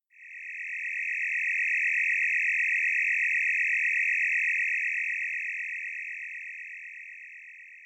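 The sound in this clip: Cricket trilling in one steady, unbroken high-pitched pulsing tone that holds throughout and softens slightly near the end, with no other sounds.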